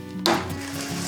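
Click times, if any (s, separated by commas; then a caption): 0.3 s. A small poker pushes in the centre pin of a plastic push-rivet clip that holds the side body panel on a CB1000R motorcycle, releasing the clip. A sharp click sounds at 0.3 s over a faint, steady background hum. The clip clicks open and is released.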